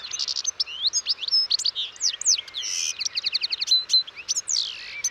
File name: Carduelis carduelis